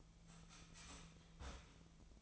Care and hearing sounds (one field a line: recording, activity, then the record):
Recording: daily activity, microphone in the room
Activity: start toaster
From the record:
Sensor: 1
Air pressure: 1009.2 hPa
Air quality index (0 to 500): 195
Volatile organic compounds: 19 ppm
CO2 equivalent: 2665 ppm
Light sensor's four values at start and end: 27/70/29/34 and 27/70/29/34